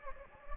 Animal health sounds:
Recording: mosquito wingbeat signal from an infrared sensor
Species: Anopheles gambiae

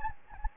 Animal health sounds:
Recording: mosquito wingbeat signal from an infrared sensor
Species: Anopheles gambiae

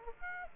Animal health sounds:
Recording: mosquito wingbeat signal from an infrared sensor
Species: Aedes aegypti

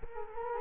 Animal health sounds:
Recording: mosquito wingbeat signal from an infrared sensor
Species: Culex quinquefasciatus

